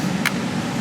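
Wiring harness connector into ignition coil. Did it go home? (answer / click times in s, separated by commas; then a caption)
yes / 0.3 s. A wiring harness connector is pushed onto an ignition coil on a 2014 Chevy Camaro during a header install and snaps home with one sharp, bright click at 0.3 s over a steady low background hum. The connector is confirmed seated.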